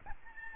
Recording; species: mosquito wingbeat signal from an infrared sensor; Aedes albopictus